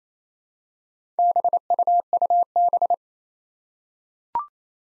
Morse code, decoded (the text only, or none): BUUB